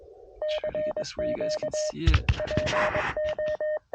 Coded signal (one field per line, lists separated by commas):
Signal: Morse code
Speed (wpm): 23 wpm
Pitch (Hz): 610 Hz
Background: speech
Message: CQ PO